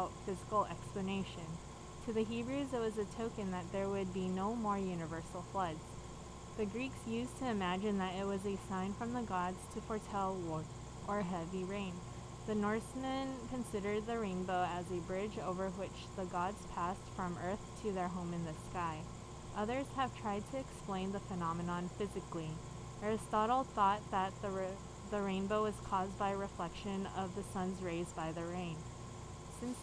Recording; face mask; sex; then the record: reading aloud; surgical mask; female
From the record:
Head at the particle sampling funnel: turned sideways, cheek in front of it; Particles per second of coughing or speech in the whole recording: 0.0847